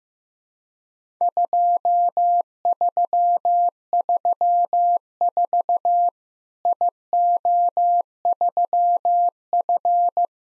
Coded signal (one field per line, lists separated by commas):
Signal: Morse code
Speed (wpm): 15 wpm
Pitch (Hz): 700 Hz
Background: none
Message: 2334 IO3F